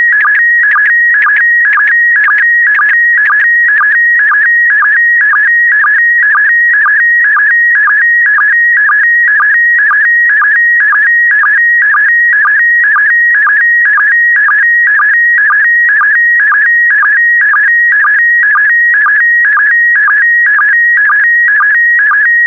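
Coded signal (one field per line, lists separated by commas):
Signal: SSTV (slow-scan television)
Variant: PD120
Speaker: The next image transmission will start in 10 seconds.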